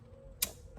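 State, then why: Seated. A fuel line quick-connect fitting from a CP4 bypass kit is pushed onto its line on a diesel truck engine. A single sharp, bright click rings out at 0.4 s over a low hum, followed by a faint soft tick near 0.8 s. The fitting is seated on the line.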